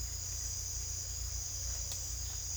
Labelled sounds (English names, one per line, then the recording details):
none
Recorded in secondary vegetation near Puerto Asís, Putumayo, Colombia, on 18 December 2024 at 07:30
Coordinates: 0.488, -76.319
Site GP04